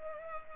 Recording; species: mosquito wingbeat signal from an infrared sensor; Culex pipiens